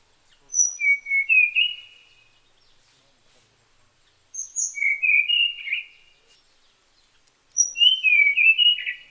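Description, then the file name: Tanahjampea blue flycatcher song: three sweet warbled phrases, each opening with a thin high note and tumbling through slurred whistles, repeated about every three to four seconds. "sikatan tanahjampea"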